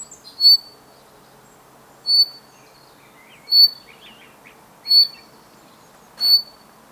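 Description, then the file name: Common chaffinch giving a series of sharp, high, clipped chirps repeated roughly every one and a half seconds, with soft twittering notes in between and a brief click near the end. "Fringilla coelebs"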